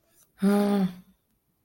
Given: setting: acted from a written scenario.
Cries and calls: vocal sound without words; anger

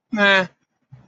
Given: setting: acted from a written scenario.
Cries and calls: vocal sound without words; neutral

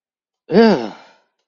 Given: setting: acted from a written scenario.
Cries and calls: vocal sound without words; disgust

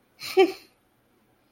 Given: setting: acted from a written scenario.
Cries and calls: vocal sound without words; contempt

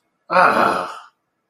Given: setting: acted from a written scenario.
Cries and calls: vocal sound without words; contempt

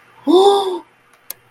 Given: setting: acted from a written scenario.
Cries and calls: vocal sound without words; awe

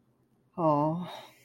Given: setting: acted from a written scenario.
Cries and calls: vocal sound without words; romantic love

